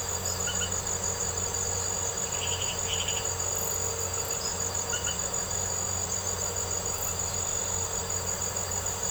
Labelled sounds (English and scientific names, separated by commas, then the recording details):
none
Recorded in secondary vegetation near Puerto Asís, Putumayo, Colombia, on 4 March 2025 at 01:00
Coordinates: 0.468, -76.324
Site G059